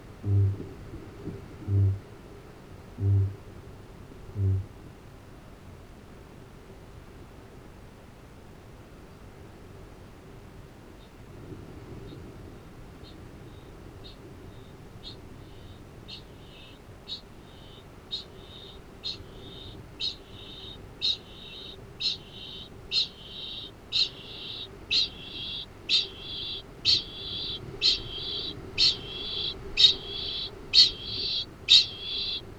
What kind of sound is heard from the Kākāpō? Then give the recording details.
boom, ching call. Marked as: faintness 2/5, faintness 4/5. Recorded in New Zealand. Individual Arab